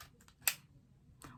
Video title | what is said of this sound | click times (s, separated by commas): Php 400 Dyson Airwrap Dupe! - 5 in 1 Styler Review - Jay Gurbuxani | once you hear a click that's already secured | 0.5 s